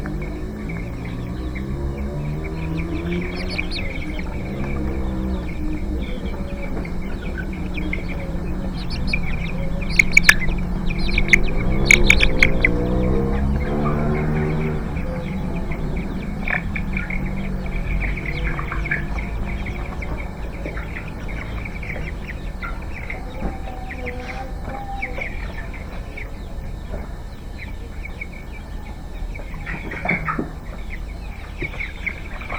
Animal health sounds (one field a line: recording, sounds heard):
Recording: poultry house recording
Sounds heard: healthy chickens